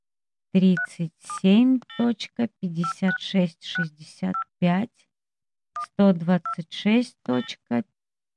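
A quick, uneven run of short electronic phone keypad beeps as coordinates are typed into a phone, about a dozen presses in two bursts separated by a brief pause, fairly loud and clear.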